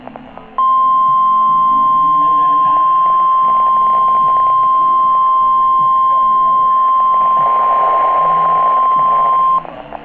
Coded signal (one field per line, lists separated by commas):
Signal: Emergency Alert System (SAME) tones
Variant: 1050 Hz attention tone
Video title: EAS Alerts